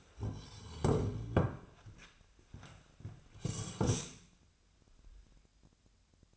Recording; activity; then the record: daily activity, microphone in the room; sit down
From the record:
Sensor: 2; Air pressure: 1007.7 hPa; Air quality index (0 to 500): 180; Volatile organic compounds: 10 ppm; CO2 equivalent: 2206 ppm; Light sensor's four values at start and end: 10/23/9/10 and 10/23/9/10